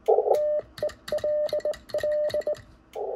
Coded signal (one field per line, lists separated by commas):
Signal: Morse code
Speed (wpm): 20 wpm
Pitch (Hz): 600 Hz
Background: none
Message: TELL